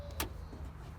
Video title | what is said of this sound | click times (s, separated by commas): 98-05 Ford Panther Platform Fuel Filter Replacement | as you heard it click to the fuel inertia switch so your fuel pump can prime again | 0.2 s